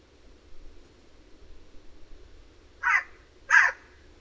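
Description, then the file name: Eurasian jay giving two harsh, raspy screeches about two-thirds of a second apart, each short and noisy, over a low steady background hum. "Garrulus glandarius"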